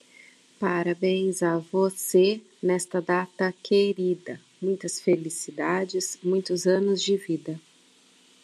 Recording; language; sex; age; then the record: short text; Brazilian Portuguese; female; 40 to 49 years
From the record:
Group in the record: control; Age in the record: 48 years